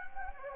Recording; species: mosquito wingbeat signal from an infrared sensor; Anopheles gambiae